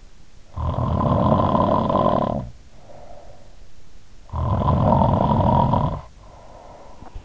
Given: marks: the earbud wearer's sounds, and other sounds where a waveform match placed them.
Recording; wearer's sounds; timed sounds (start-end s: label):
sounds in sleep by an in-ear microphone; snoring breath
0.39-3.64 s: snoring breath
4.16-7.25 s: snoring breath